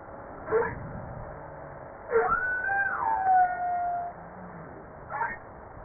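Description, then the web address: Humpback whale song: brief grunting pulses around a long high whistled cry that rises, holds, then slides down, over steady underwater hiss. Recorded 5 March 1994. "PMahe Voile'Ocean. 940305-1022 HUMPBACK"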